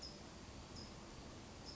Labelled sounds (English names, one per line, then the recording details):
California Towhee
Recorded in Sonoma County, California